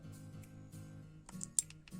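A battery pack is inserted into the battery compartment of a DJI Osmo Action camera and pressed down until it seats, over steady background music. A few soft clicks and scrapes come before a sharp, loud click at 1.6 s as the battery seats.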